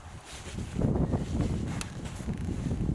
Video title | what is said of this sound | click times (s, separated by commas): Deskuzzer 2 0 | slid in I heard it click | 1.8 s